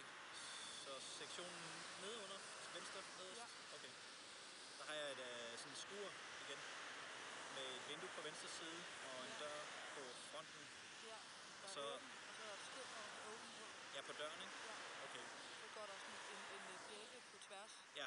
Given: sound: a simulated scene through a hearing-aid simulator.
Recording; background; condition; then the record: conversation; traffic; 0 dB SNR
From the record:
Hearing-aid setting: II (fast-acting compression, audibility-based gain, advanced features for about 2.5 dB of SNR improvement); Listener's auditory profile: A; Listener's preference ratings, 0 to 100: 64, 15, 33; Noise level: 75 dB SPL